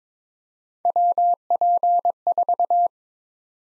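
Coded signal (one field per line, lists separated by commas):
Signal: Morse code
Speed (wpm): 22 wpm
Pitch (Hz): 700 Hz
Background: none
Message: WP4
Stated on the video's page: Practice drill of USA call sign prefixes at 22 wpm, each prefix sent twice in Morse.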